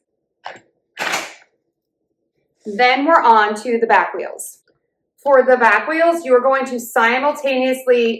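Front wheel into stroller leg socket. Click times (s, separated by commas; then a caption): 0.5 s. A front wheel is pushed onto its socket in the leg of a plastic collapsible dog stroller and carrier frame, and a sharp click is heard at 0.5 s as the wheel clicks into place and seats. A short burst of broadband noise follows, and then someone talks.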